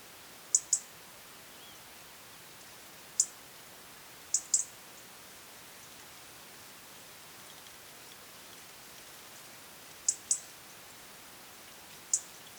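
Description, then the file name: European robin sounding brief, very high ticks, single or paired, at irregular intervals, against steady faint hiss. "Erithacus rubecula"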